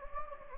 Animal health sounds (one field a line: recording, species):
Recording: mosquito wingbeat signal from an infrared sensor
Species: Anopheles gambiae